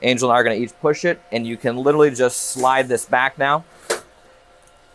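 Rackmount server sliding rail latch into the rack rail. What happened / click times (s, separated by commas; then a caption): The unit is being slid along its rails but has not latched yet / none. Someone talks while blue release buttons are pressed on both sides of a Dell PowerEdge R7525 rackmount server so it can be slid back into the rack on its sliding rails. The metal rail latch has not yet locked into the rack rail; nothing has seated or clicked yet.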